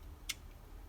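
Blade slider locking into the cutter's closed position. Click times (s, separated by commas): 0.3 s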